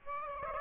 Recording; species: mosquito wingbeat signal from an infrared sensor; Aedes aegypti